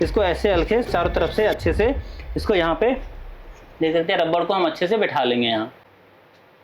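Someone talks while pressing the rubber part of a water pump mechanical seal evenly all around into its seat in the pump housing. The speech ends at about 5.7 s, leaving only quiet low hum. Nothing has seated or clicked yet.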